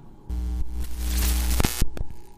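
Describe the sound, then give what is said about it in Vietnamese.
An electrical buzz with crackling static starts abruptly, sputters with a few sharp pops, then cuts out suddenly, leaving a faint hum. Two head-mounted flashlights worn by two people fizz and die as a coffin lid is pushed aside, with no voices. “Ngay tức khắc hai cái đèn pin treo trên đầu của hai người đột nhiên rè rè rè rè một cái, rồi chập tắt ngấm.”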